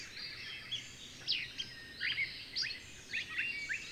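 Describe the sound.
Bird chirps and sharp upward-sweeping notes scattered through a steady hiss of background noise.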